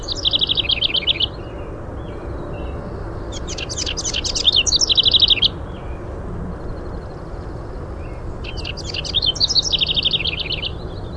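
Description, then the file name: House wren singing three bubbly, chattering phrases, each a rapid jumble of high scratchy notes with a fast trill, spaced unevenly, over steady low background noise. "HOWR song"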